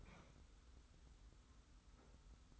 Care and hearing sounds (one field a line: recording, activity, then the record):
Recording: daily activity, microphone in the room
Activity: open fridge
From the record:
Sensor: 3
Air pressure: 991.0 hPa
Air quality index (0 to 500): 119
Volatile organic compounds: 90 ppm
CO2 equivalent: 3688 ppm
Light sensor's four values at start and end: 33/79/32/29 and 33/79/32/29